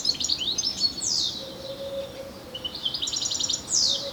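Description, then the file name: European goldfinch calls, liquid twitters and clear downslurred notes in two bursts, with a low hum in the gap between them. "Carduelis carduelis"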